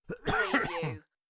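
A short opening burst leads straight into a voiced, throaty stretch with a groaning tone, lasting about one second in total. It is a single adult male cough, with no other sounds around it.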